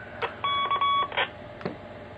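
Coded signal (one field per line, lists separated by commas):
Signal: roger beep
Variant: repeater courtesy tone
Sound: a click, three quick buzzy beeps, then a squelch-like noise burst and a click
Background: radio squelch noise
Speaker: my boo Natasha and beep over 1 2 3 4 1 2 3 4 1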